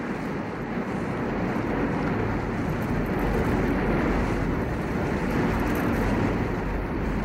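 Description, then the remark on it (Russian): A boat engine runs steadily at full revs in reverse while the boat does not move: a loud, constant low-pitched drone with a broad rushing hiss over it and no pauses for the whole stretch. “Добавь оборотов. Некуда больше добавлять. Держи полные. Не идет. Может, промоется винтом, а?”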